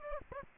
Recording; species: mosquito wingbeat signal from an infrared sensor; Aedes aegypti